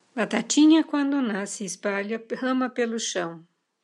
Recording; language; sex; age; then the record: short text; Brazilian Portuguese; female; 60 to 69 years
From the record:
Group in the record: control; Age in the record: 69 years